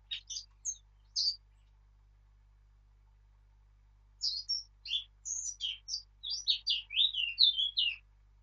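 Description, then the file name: Eurasian blackcap song: a few sharp notes, a silent gap of about three seconds, then a rapid, rich warbling phrase. "Sylvia atricapilla"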